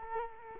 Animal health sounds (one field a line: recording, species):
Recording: mosquito wingbeat signal from an infrared sensor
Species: Culex quinquefasciatus